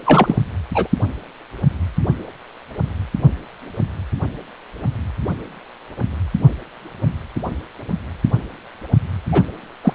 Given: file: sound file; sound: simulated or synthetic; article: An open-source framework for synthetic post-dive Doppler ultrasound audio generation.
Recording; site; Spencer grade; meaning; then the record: Doppler ultrasound audio after a dive; precordial; 2; Many but less than half of the cardiac periods contain bubble signals, singularly or in groups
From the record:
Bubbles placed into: partial cardiac cycles